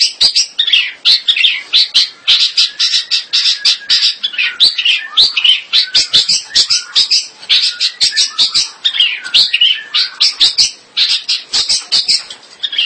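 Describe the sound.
Bird song as a long, dense stream of rapid, high, scratchy chattering notes, barely pausing throughout.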